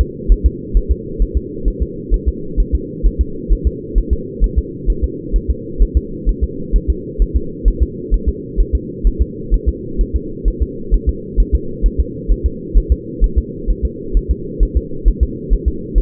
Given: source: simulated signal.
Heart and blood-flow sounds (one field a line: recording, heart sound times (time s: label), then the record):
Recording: fetal heart sounds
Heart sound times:
0.01 s: S2
0.32 s: S1
0.46 s: S2
0.77 s: S1
0.91 s: S2
1.22 s: S1
1.37 s: S2
1.68 s: S1
1.82 s: S2
2.14 s: S1
2.28 s: S2
2.60 s: S1
2.75 s: S2
3.07 s: S1
3.21 s: S2
3.53 s: S1
3.67 s: S2
3.98 s: S1
4.13 s: S2
4.44 s: S1
4.58 s: S2
4.90 s: S1
5.04 s: S2
5.36 s: S1
5.50 s: S2
5.83 s: S1
5.97 s: S2
6.29 s: S1
6.44 s: S2
6.76 s: S1
6.90 s: S2
7.22 s: S1
7.36 s: S2
7.68 s: S1
7.83 s: S2
8.14 s: S1
8.29 s: S2
8.61 s: S1
8.75 s: S2
9.07 s: S1
9.22 s: S2
9.54 s: S1
9.69 s: S2
10.01 s: S1
10.16 s: S2
10.48 s: S1
10.62 s: S2
10.94 s: S1
11.09 s: S2
11.40 s: S1
11.55 s: S2
11.86 s: S1
12.00 s: S2
12.32 s: S1
12.46 s: S2
12.78 s: S1
12.92 s: S2
13.24 s: S1
13.38 s: S2
13.70 s: S1
13.85 s: S2
14.17 s: S1
14.31 s: S2
14.63 s: S1
14.77 s: S2
15.08 s: S1
15.23 s: S2
15.54 s: S1
15.68 s: S2
15.98 s: S1
From the record:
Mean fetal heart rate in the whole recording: 130 bpm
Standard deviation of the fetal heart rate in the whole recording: 2 bpm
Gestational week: 36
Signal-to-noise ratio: -4.3 dB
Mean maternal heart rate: 72 bpm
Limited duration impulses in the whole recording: absent